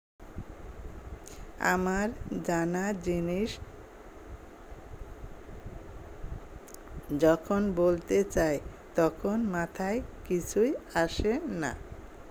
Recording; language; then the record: elicited speech; Bengali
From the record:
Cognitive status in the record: dementia